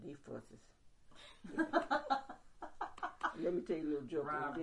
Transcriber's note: laughter